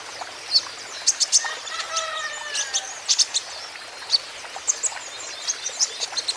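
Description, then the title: Van Hasselt's sunbird giving sharp, very high ticks and chips in small clusters, with a few softer, lower sliding whistles in the background. Green-phase ('ijoan') caged kolibri ninja (konin) singing persistently ('gacor'); used as a lure and therapy to make other kept konin answer. "KOLIBRI NINJA KONIN IJOAN GACOR COCOK UNTUK PANCINGAN TERAPI KONIN BAHAN PASTI NYAUT"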